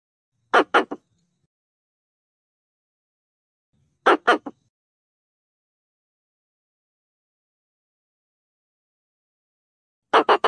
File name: tieng soc bung do keu goi dan